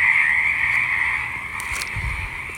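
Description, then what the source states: Frog chorus of continuous high-pitched trilling, loudest at the start and easing slightly, with brief rustling knocks near the end. Frogs back in full force at a pond at Knickerbocker; pond still a little low; frog eggs and tadpoles present.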